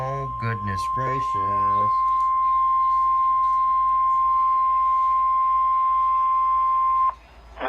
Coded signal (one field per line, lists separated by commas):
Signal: Emergency Alert System (SAME) tones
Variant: 1050 Hz attention tone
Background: speech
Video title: EAS alerts in eastern time part 3